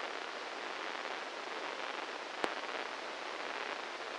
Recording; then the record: brain microelectrode recording played as sound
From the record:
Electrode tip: inside the subthalamic nucleus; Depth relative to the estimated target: -4 mm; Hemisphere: right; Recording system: NeuroSet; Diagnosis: Parkinson's disease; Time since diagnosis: 8 years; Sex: male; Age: 58 years